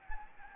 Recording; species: mosquito wingbeat signal from an infrared sensor; Anopheles gambiae